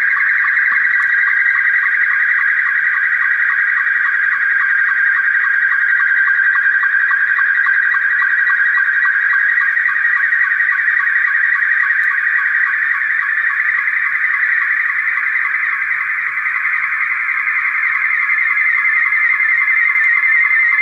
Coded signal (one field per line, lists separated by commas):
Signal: SSTV (slow-scan television)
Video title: Decoding SSTV via Kiwi Server part one